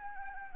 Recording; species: mosquito wingbeat signal from an infrared sensor; Anopheles arabiensis